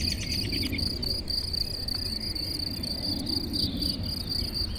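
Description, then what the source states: Cricket chorus produces a shrill, evenly pulsed trill, with a quick run of bird notes at the start and traffic rumbling low. Chorus of crickets in a sunny west-facing sloping meadow at Chindrieux, France, with birds singing in surrounding trees and traffic noise from the nearby road.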